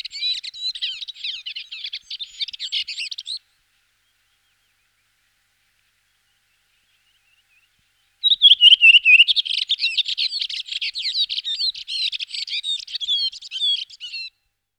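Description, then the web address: Redwing song in two phrases: dense, squeaky twittering, a pause of several seconds, then a short run of falling notes that runs into a long, busy chatter. 2004. "singvoegel. gesang. roche 2004 rotdrossel"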